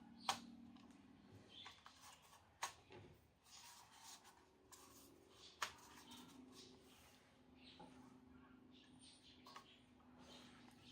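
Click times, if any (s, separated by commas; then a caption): 0.3 s, 5.6 s. Plastic arms of a Visuo XS809W foldaway toy quadcopter are unfolded one by one at their hinges on the quadcopter body, each locking into its extended position. Sharp clicks are heard at 0.3 s and 5.6 s, with fainter handling taps and rustles between them. The arms lock into place.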